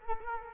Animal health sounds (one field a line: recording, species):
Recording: mosquito wingbeat signal from an infrared sensor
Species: Culex quinquefasciatus